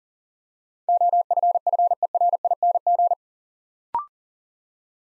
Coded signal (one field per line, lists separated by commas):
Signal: Morse code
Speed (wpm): 40 wpm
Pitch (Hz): 700 Hz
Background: none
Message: OFFERING